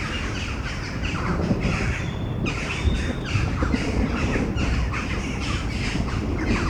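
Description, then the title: Crows giving harsh, overlapping caws in a steady stream, with a brief thin whistle partway through and a constant low rumble beneath. Crows before a storm at Domaine de Tivoli, Mechelen, Belgium; Sony PCM-M10 internal microphones. "Domaine de Tivoli, Malines, Belgique, Belgium - Corneilles avant lorage - Crows before the storm"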